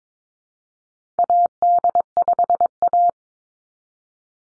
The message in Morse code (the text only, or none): AD5A